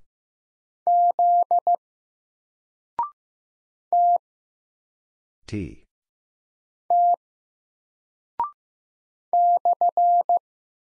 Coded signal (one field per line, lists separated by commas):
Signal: Morse code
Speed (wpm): 15 wpm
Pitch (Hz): 700 Hz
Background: none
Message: Z T T /